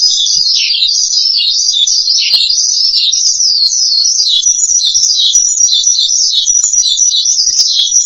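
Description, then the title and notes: Starling song as a steady stream of quick, looping high notes with no pauses between phrases. "suara burung jalak"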